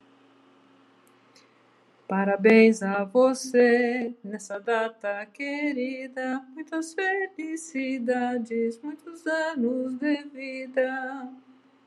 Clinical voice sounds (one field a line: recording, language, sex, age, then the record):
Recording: short text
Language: Brazilian Portuguese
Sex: female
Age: 60 to 69 years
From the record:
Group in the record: control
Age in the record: 66 years